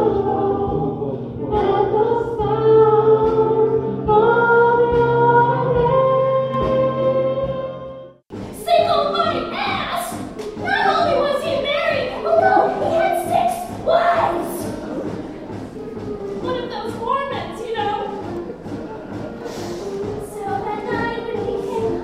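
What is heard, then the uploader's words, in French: Sounds recorded during a stay in New York. For the first eight seconds steady, sustained musical tones hold and shift like a slow melody, then cut off abruptly into a busier mix of voices, clatter and sharp bright knocks that continues fairly evenly to the end. C'est en compilant les sons captés lors de mon séjour New Yorkais que j'ai réalisé à quel point la musique est omniprésente dans la ville !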